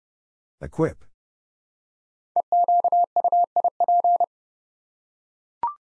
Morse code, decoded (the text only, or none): EQUIP